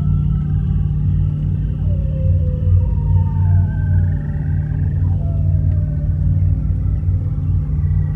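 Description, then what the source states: Seal song of drawn-out whistled notes sliding down and up in pitch, several overlapping, over a loud steady low hum. Seal breaths and songs.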